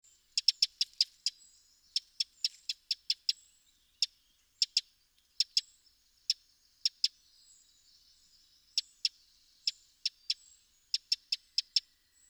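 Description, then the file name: Eurasian wren calls: hard, clicky 'tic' notes, singly or in rapid bursts of several, separated by uneven pauses, the longest almost two seconds. "Troglodytes troglodytes"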